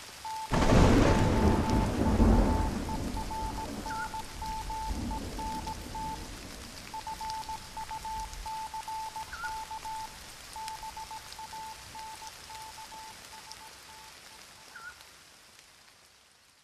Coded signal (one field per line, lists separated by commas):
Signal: Morse code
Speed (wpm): 17 wpm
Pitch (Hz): 880 Hz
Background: none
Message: GOVERNMENT FUCK BANKS T